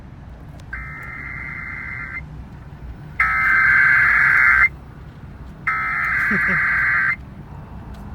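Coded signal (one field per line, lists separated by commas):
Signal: Emergency Alert System (SAME) tones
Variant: header bursts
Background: speech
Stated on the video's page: Required Weekly Test of the EAS, aired on a Friday.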